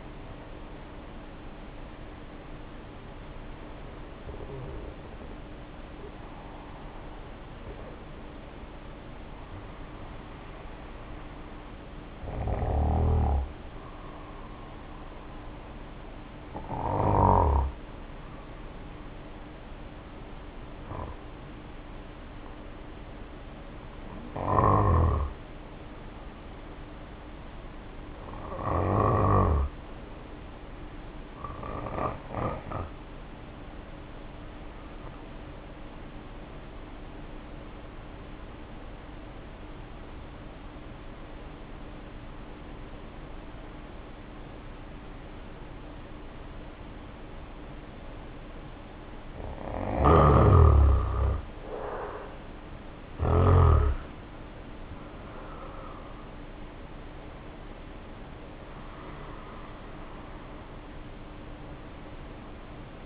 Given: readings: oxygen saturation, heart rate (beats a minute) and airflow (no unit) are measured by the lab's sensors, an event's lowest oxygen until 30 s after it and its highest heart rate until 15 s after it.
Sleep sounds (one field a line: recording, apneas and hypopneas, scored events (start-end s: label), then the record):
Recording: breathing in sleep by a voice recorder at the bedside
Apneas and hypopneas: 1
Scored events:
0.00-5.00 s: awake
3.00-33.00 s: new sleep stage, N1 (lightest sleep)
5.00-49.30 s: hypopnea (N1, oxygen 95% highest, then 74% lowest, heart rate 58 at the start, 72 highest)
33.00-63.06 s: new sleep stage, N2 (light sleep)
From the record:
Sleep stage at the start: awake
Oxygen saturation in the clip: 75 to 95%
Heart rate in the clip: 52 to 72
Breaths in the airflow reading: 16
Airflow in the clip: -1.9 to 1.9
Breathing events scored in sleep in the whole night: 520 in 7.2 hours asleep